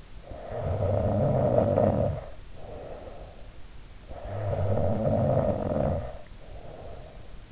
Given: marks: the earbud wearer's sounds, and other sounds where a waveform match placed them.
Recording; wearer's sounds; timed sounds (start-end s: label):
sounds in sleep by an in-ear microphone; snoring breath
0.20-3.46 s: snoring breath
3.98-7.52 s: snoring breath